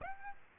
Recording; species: mosquito wingbeat signal from an infrared sensor; Aedes aegypti